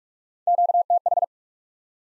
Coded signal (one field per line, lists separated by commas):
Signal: Morse code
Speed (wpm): 47 wpm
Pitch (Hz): 700 Hz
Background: none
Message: QTH